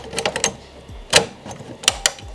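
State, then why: Seated. A hat held in its cap frame is slid onto an embroidery machine's cap driver and rotated slightly. Sharp clicks ring out at 0.4, 1.2 and 2.1 seconds amid softer mechanical rattling. The three clicks show the cap frame is seated correctly on the driver.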